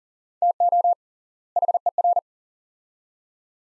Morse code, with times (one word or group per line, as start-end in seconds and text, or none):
0.4-0.9 TO
1.6-2.2 HER